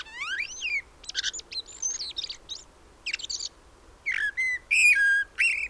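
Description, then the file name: Common blackbird giving a sweeping whistled note, then a series of scratchy twittering bursts, ending with clear mellow fluty whistles. "Turdus merula"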